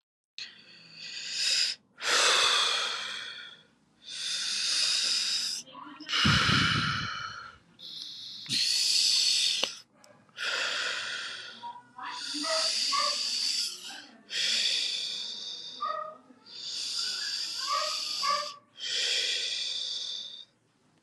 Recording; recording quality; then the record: deep breathing; excellent, no background noise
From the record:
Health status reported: exposed to COVID-19, no respiratory illness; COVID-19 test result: not tested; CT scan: not taken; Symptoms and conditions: cough, cold, breathing difficulty, sore throat, fever, fatigue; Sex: male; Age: 31 years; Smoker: no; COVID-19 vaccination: both doses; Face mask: not worn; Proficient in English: yes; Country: India